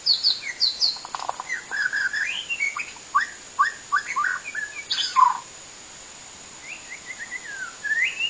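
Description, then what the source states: White-rumped shama song, rich varied whistled phrases, some sliding up or down, delivered in quick bursts with brief pauses and a rising whistle near the end. Wild forest bird singing.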